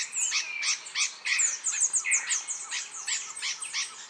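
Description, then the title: Bird song, a rapid, continuous run of high, sharp chirps and downslurred whistles, with notes crowding the top of the range and a few lower buzzy phrases. "LuckyPassaro Completos2Sama"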